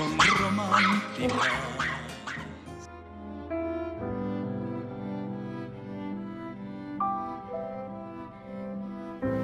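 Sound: dog barking sound effect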